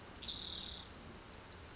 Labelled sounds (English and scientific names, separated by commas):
Spotted Towhee (Pipilo maculatus)